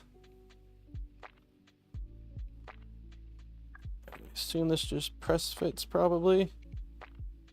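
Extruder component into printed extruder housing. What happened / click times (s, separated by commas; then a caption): The part is being handled but has not seated yet / none. An extruder component for an LDO Positron 3D printer is handled and lined up to be press-fitted into its printed plastic extruder housing, with light knocks and handling taps over a steady low hum. Someone talks partway through. Nothing has seated or clicked into place yet.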